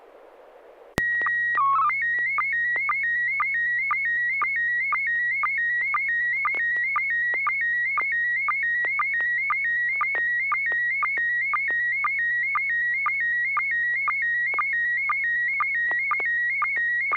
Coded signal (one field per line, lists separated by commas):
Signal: SSTV (slow-scan television)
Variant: PD 120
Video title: N6NA SSTV Net - 02/28/2024